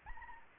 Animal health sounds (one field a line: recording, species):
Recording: mosquito wingbeat signal from an infrared sensor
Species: Anopheles arabiensis